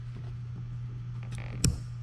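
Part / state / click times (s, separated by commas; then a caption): motor cable connector into its locking-clip socket on the board / seated / 1.6 s. A motor cable connector is pushed into its mating socket on the board until its locking clip clicks. Over a steady low hum and a few faint taps, one sharp click sounds at 1.6 s. The connector is seated and locked in.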